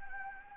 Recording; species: mosquito wingbeat signal from an infrared sensor; Anopheles arabiensis